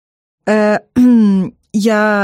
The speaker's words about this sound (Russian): Откашливается.